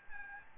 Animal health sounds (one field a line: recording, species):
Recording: mosquito wingbeat signal from an infrared sensor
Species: Aedes albopictus